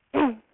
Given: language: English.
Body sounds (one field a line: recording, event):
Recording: throat vibration sensor signal played as sound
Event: throat clearing